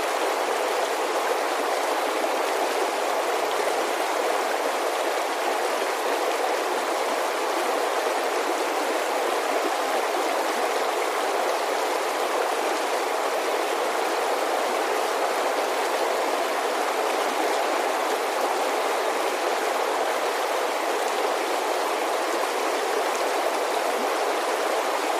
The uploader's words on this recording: Water Sounds Alpine Creek.